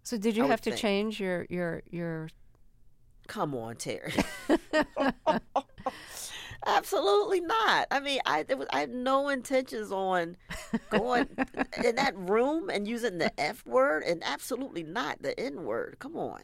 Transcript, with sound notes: So did you have to change your...
Come on, Terry.
(LAUGHTER)
Absolutely not. I mean, I had no intentions on going in that room and using the F word and absolutely not the N word.